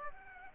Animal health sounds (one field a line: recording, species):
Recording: mosquito wingbeat signal from an infrared sensor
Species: Aedes aegypti